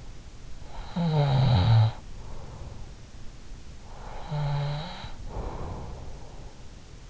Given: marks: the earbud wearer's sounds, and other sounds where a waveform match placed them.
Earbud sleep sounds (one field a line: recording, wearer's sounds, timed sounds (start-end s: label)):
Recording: sounds in sleep by an in-ear microphone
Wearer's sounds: snoring breath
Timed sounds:
0.29-2.57 s: snoring breath
3.60-6.63 s: snoring breath